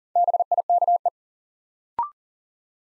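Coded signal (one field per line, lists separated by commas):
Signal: Morse code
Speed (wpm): 41 wpm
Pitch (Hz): 700 Hz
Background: none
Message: BIKE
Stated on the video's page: Morse practice set at 40 wpm, building 4-letter words one letter at a time for instant character recognition.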